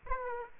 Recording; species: mosquito wingbeat signal from an infrared sensor; Aedes aegypti